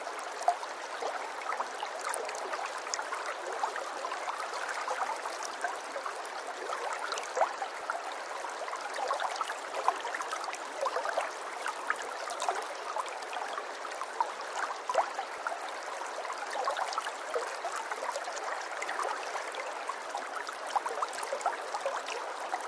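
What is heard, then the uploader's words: A babbling brook trickles steadily, with dense, fast splashes and small gurgles spread evenly across the whole clip. The water sound sits in the middle and upper range with little low rumble, and its level stays even from start to finish. Serene Water Sounds, Trickling River Sounds, River Symphony And Babbling Brook. Calming river sounds and water stream sounds.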